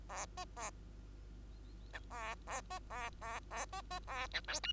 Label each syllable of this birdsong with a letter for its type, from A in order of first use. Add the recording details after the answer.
A B A C A A B A A A B B A C D E. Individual Bird2